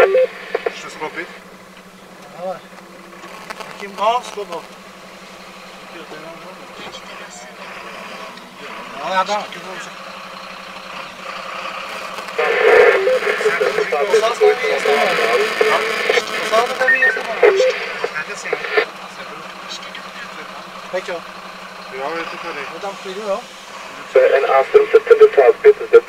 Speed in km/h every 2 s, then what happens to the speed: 0, 0, 0, 0, 0, 0, 0, 0, 0, 0, 0, 0, 0.
0-26 standing.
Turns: none.